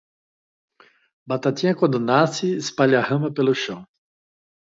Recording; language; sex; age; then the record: short text; Brazilian Portuguese; male; 60 to 69 years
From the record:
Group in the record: control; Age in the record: 61 years